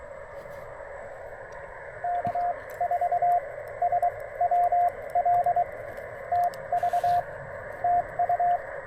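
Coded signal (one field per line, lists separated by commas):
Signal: Morse code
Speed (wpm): 22 wpm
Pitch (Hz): 700 Hz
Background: radio noise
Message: K4SWL TV TU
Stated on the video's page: QRP Parks on the Air activation on 20 meters with a Penntek TR-45L, pocket paddle, and Packtenna Mini end-fed half-wave antenna.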